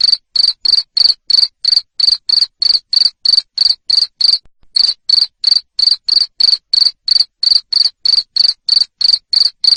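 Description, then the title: Cricket with a rapid, regular train of shrill pulsed chirps, around three each second, broken once by a short gap. Loud cricket chirping used to stimulate lovebirds into continuous singing. "Suara JANGKRIK NGERIK Keras Bikin LOVEBIRD Jadi NGEKEK Terus"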